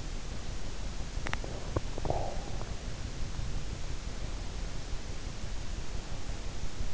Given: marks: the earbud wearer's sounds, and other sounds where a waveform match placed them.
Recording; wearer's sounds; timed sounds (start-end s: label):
sounds in sleep by an in-ear microphone; swallowing, breath
1.05-1.87 s: swallowing
1.87-2.84 s: breath
4.08-6.93 s: breath